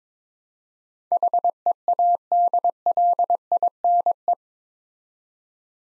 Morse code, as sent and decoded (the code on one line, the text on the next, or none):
.... . .- -.. .-.. .. -. .
HEADLINE